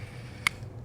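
The tripod collar of a 200mm f/2 telephoto lens is rotated until it clicks into its 90° detent position, with a single sharp tactile click at 0.5 s over a low steady hum. The collar is seated and locked at the 90° position.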